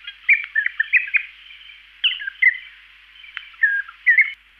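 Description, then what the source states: Regent honeyeater calling with short creaky, metallic warbled phrases in several bursts, with quiet gaps between them. Listed among garden birds of Canberra.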